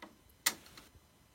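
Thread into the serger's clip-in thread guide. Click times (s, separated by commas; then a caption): 0.5 s. On a Baby Lock Gloria overlocker set up for 4-thread overlock, a thread is pressed into the clip-in thread guide ahead of the tension discs. It snaps into place with one sharp click at 0.5 s, with fainter ticks near 0.0 s and 0.8 s. The thread is seated in the guide.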